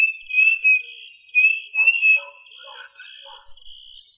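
Bird song of high wavering whistles in the first two seconds, then softer scattered lower chirps fading out.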